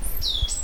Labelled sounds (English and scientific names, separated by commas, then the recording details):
Stitchbird (Notiomystis cincta) song
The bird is a male
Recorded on Tiritiri Matangi Island, New Zealand, in 2005
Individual 10, of nest box 12